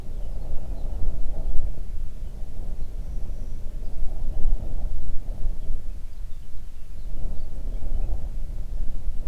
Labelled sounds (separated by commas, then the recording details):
songbird, wind
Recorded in the Arctic National Wildlife Refuge, Alaska, on 3 June 2019 at 04:55
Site 37